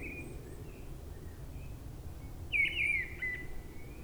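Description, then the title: Mistle Thrush song: one loud fluty, warbling phrase after quieter fragments, with a low rumbling background. Brison-Saint-Innocent, France; forest edge, singing perched high in a treetop; frequent aircraft passing from nearby airport; Sunday; grey weather, 10°C. "Brison-Saint-Innocent, France - Grive draine"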